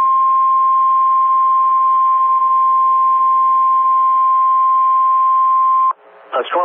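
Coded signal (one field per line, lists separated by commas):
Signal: Emergency Alert System (SAME) tones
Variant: 1050 Hz attention tone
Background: speech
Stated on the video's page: Mock alerts using valid tones, built from NOAA All Hazards Weather Radio station audio in Upton, New York, before Hurricane Henri.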